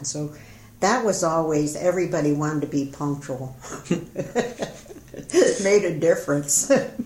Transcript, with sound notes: So that was always everybody wanted to be, punctual. [Laughter] It made a difference.